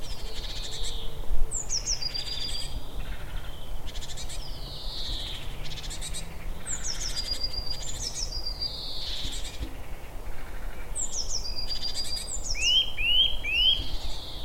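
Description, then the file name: Eurasian nuthatch calls: clear whistled notes sliding downward, scattered throughout, with higher thin notes and a quick run of three rising notes near the end over steady low rumble. "Sitta europaea"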